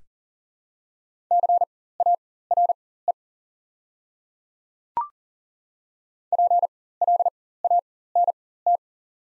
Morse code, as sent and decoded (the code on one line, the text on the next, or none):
-.-. .- .-. . / .--. .-.. .- -. -
CARE PLANT